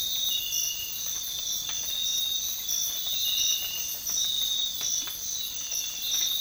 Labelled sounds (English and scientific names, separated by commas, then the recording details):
none
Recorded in dense forest near Puerto Asís, Putumayo, Colombia, on 12 March 2025 at 05:30
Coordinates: 0.500, -76.322
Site GP06